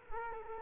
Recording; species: mosquito wingbeat signal from an infrared sensor; Culex quinquefasciatus